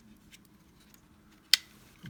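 A Hyve Technologies Gen 5 Monarch trigger assembly, steel parts in a polymer housing, is dropped back into a polymer pistol frame and pressed down. After quiet handling with faint ticks, one sharp, bright snap at 1.5 s marks the housing popping into place, followed by a soft knock near 2.1 s. The trigger housing is seated in the frame.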